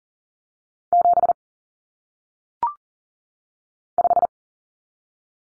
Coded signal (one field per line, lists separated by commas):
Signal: Morse code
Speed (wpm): 40 wpm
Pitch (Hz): 700 Hz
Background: none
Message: 7 5